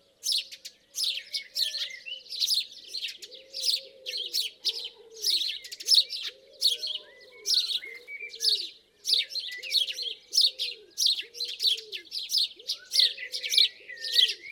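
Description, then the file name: House sparrow chirping: many harsh chirps repeated rapidly throughout, over low, soft curving tones. "Passer domesticus"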